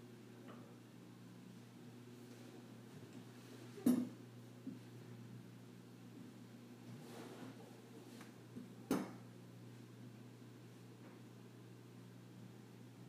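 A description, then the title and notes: A dishwasher runs with a steady low hum and faint churning, interrupted by two sharp clanks near four and nine seconds. ASMR Dish Washer.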